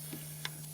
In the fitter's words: the plug and just make sure that you've got it oriented right okay and you hear that snap there that's